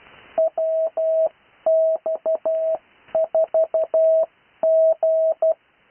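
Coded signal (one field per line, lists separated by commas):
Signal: Morse code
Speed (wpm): 12 wpm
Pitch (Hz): 640 Hz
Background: none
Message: WX4G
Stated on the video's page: Live Morse code lesson for international call sign practice.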